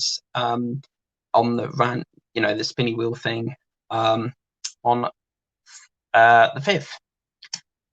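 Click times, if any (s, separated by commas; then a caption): 7.4 s, 7.5 s. A plastic or metal part of a partwork scale Spitfire aircraft model is pushed into its mounting on the model while someone talks. Two sharp clicks follow at 7.4 and 7.5 seconds as the part clicks into place and goes in fine.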